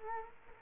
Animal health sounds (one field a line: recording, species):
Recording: mosquito wingbeat signal from an infrared sensor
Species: Culex quinquefasciatus